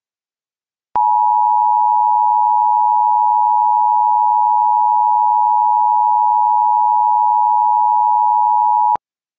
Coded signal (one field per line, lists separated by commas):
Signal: Emergency Alert System (SAME) tones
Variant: 853 and 960 Hz attention tone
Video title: The last NOAA Weather Radio Weeklies for 2021 (EAS #799-#813)